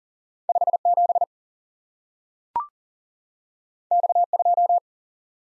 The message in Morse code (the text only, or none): 5 7 X 2